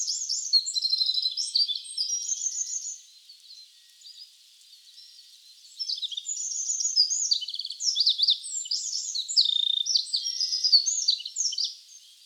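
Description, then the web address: Wren pouring out a fast, high song of tumbling notes and trills, then a few quiet seconds, then a second longer burst. Wild wren trilling in Hokkaido. "Google Sounds Sound Matters. Wren trills in wild hokkaido"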